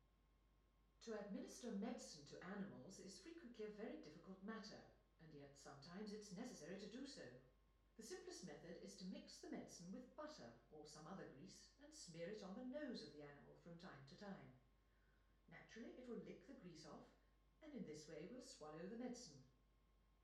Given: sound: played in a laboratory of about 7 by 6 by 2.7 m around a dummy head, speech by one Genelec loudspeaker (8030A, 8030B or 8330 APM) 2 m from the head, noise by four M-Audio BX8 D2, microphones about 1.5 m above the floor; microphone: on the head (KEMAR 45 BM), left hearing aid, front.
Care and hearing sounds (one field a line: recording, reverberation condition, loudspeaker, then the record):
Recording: female speech in English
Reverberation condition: medium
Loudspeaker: 90 degrees to the right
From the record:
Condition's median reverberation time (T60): about 510 ms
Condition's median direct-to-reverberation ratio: about -0.5 dB